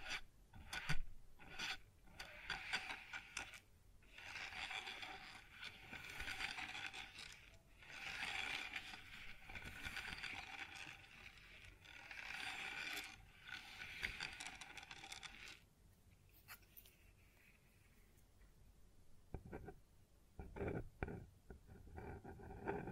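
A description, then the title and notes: Scraping and rubbing on a wooden surface, with rough grinding strokes and sharp knocks through the first fifteen seconds, swelling and fading in long passes. After that it goes mostly quiet apart from a faint hum, then a short cluster of clicks and taps near the end. ASMR Sounds on Wooden Surface (No Talking).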